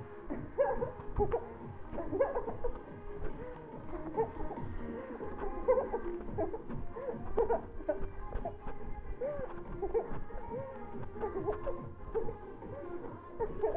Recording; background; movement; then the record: laughter; music; walking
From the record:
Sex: female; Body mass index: 18.8 kg/m2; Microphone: on the chest, facing the body